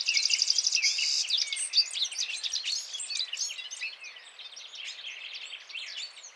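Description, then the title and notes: Citril finch song opening with a fast run of repeated notes, followed by jumbled twittering and chirps that gradually grow softer. Males singing in a gathered flock before females at end of winter, 17 March 2017, Vallon de Combeau, Drôme, France, mountains; recorded with Nagra Seven and Telinga P7. "Printemps de Venturon. Vallon de Combeau - Drôme"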